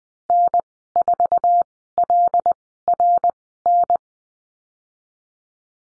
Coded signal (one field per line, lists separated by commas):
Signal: Morse code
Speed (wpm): 20 wpm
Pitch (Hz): 700 Hz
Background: none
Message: N4LRN